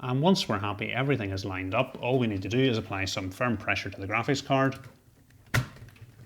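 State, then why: Seated. Someone talks while a graphics card is lined up with a motherboard PCIe slot and pressed in with firm pressure. A sharp click at 5.6 s follows as the card locks into the slot and the retention clip closes, and the card is seated.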